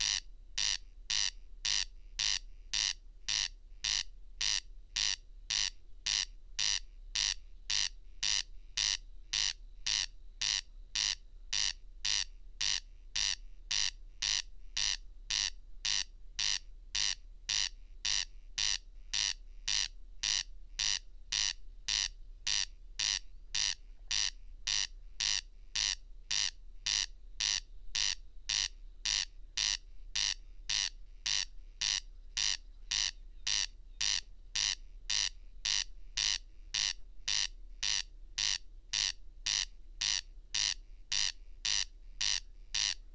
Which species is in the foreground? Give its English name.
Corn Crake